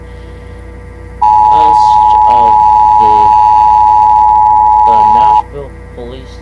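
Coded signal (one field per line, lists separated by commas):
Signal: Emergency Alert System (SAME) tones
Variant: 853 and 960 Hz attention tone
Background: speech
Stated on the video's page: Mock EAS alert about fires in Nashville.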